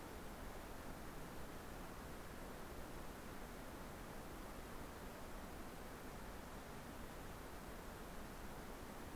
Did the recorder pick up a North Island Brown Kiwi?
no